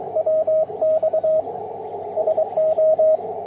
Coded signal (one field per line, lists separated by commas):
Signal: Morse code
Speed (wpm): 20 wpm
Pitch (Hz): 630 Hz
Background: radio noise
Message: WX SO